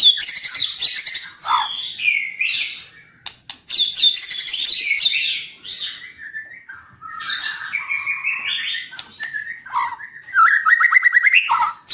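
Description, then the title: White-rumped shama song: rich varied whistles, some rising and falling, broken by harsh high buzzy bursts and brief pauses. Training song for birds, full of rapid 'tembakan' bursts. "Masteran Murai Batu Full Tembakan & Durasi Panjang"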